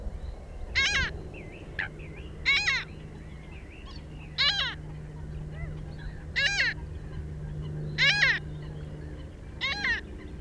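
Black-headed gull calling six times, harsh screeching notes repeated roughly every two seconds, with a low steady hum and faint other sounds behind.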